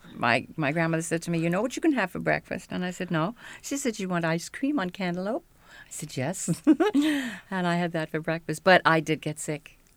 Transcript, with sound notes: My grandmother said to me, "You know what you can have for breakfast?" And I said, "No." She said, "Do you want ice cream on cantaloupe?" I said, "Yes." ( she laughs ) And I had that for breakfast. But I did get sick.